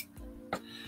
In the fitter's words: that's easy enough just snaps in place